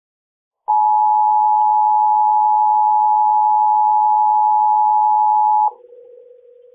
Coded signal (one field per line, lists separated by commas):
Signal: Emergency Alert System (SAME) tones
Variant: 853 and 960 Hz attention tone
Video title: EAS 2827-2828: KDKA EAS Test + Relay